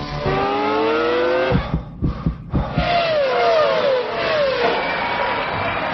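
A car engine revs up with a rising, humming whine, then a few sharp thumps, followed by wavering engine tones that rise and fall repeatedly. No one speaks.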